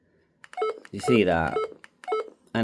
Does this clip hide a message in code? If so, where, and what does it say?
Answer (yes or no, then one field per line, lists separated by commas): no